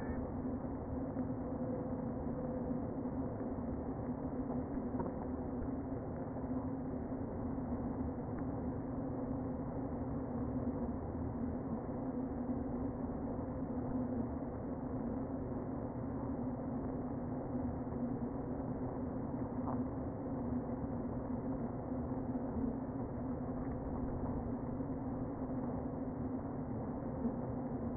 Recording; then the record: honeybee colony, microphone inside the hive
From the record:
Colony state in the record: queen present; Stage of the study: before two queens were removed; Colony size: about 60,000 bees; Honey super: yes